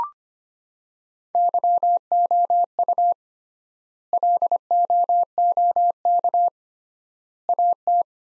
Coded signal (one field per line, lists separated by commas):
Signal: Morse code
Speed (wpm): 25 wpm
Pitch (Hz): 700 Hz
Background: none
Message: YOU LOOK AT